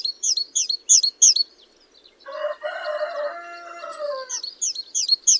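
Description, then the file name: Great tit giving high two-note phrases repeated about three times a second, broken midway by a rooster's long crow, then resuming. "Parus major"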